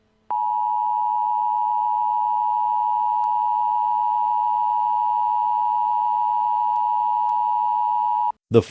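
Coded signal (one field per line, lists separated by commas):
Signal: Emergency Alert System (SAME) tones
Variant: 853 and 960 Hz attention tone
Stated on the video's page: Simulated EAS scenario.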